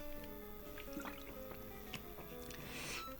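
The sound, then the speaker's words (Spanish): Water pours into a glass in a soft, steady trickle with small splashes and drips, the gurgle brightening toward the end as it fills. Faint and on its own, with no talking. “Y me alcanzan un poquito de agua.”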